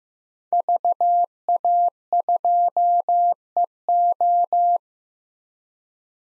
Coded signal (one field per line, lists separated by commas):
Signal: Morse code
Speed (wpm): 15 wpm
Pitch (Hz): 700 Hz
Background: none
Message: VA2EO